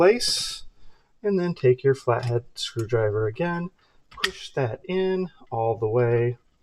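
During reassembly for a spring upgrade of an EMERBU TOYS AKMS Underfold toy gel ball blaster, a spring/gearbox retaining part is pressed all the way into the gearbox with a flathead screwdriver while someone talks. Faint handling sounds come from the part and tool, and nothing has seated or clicked yet by the end of the clip.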